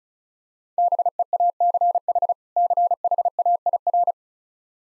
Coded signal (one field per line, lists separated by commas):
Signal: Morse code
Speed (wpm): 35 wpm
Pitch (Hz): 700 Hz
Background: none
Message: BEACH CHAIR